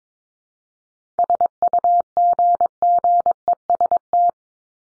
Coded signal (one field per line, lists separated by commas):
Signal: Morse code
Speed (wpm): 22 wpm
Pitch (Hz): 700 Hz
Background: none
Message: SUGGEST